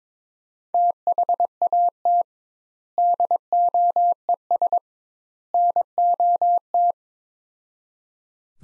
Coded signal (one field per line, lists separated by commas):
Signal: Morse code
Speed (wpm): 22 wpm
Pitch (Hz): 700 Hz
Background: none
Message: THAT DOES NOT